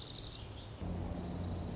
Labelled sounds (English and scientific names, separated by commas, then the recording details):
Dark-eyed Junco (Junco hyemalis)
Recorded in Sonoma County, California